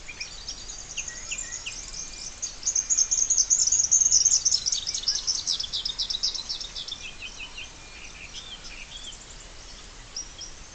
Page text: Трель птицы - Блестящий расписной малюр (Malurus splendens)